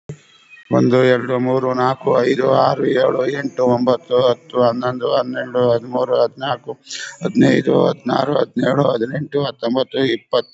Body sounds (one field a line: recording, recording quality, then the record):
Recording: counting at a fast pace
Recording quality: moderate, slight background noise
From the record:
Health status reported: COVID-19 positive, mild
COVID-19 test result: positive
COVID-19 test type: RT-PCR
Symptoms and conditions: cough, sore throat, muscle pain, hypertension, another condition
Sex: male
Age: 65 years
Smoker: no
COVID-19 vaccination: one dose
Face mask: worn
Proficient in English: no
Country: India